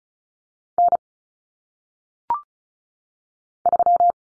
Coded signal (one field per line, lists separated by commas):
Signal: Morse code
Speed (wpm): 36 wpm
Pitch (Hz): 700 Hz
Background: none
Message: N 3